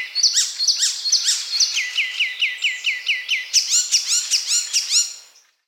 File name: Zelyonaya peresmeshka